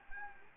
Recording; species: mosquito wingbeat signal from an infrared sensor; Anopheles arabiensis